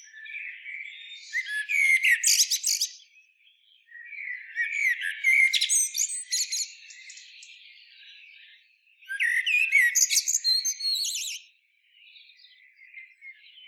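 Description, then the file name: Eurasian blackbird song: three phrases, each a low fluted warble breaking into a high, squeaky twitter, with a few seconds of pause between them. "Turdus merula"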